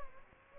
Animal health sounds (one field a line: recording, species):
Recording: mosquito wingbeat signal from an infrared sensor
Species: Aedes albopictus